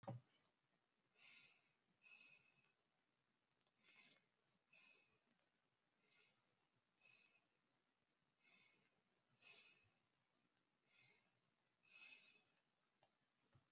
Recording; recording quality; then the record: shallow breathing; excellent, no background noise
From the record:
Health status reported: healthy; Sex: female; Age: 30 years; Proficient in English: yes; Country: United States